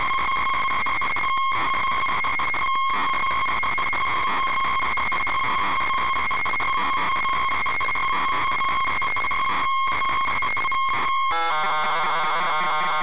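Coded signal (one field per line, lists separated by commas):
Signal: ZX Spectrum tape loading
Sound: long steady buzzy lead tone with short breaks, then harsh rapid warbling data noise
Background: tape hiss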